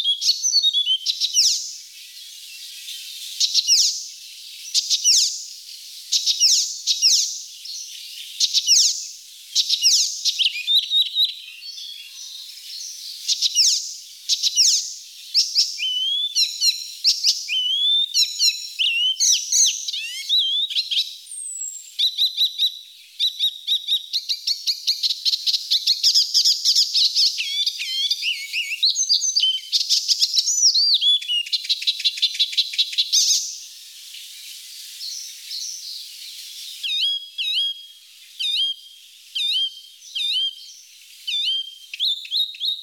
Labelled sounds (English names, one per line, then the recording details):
Icterine Warbler song
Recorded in the wild
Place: Waltershofen / Freiburg im Breisgau, Baden-Württemberg, DE
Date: 1989-06-04
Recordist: Schwarz, Dieter